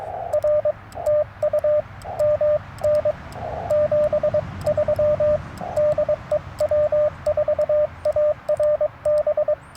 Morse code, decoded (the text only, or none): R TU MN 73 DE W4ARB